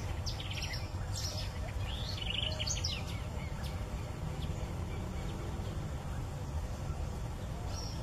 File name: Canto do Bentevizinho de penacho vermelho